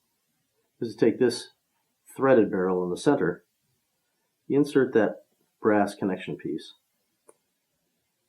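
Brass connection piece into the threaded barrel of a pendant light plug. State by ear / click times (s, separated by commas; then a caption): seated / 7.3 s. Someone talks while a brass connection piece is inserted into the threaded center barrel of a Bruck Lighting pendant uni-plug fitting. A short, sharp snap is heard at 7.3 s as the piece pops into place, properly seated.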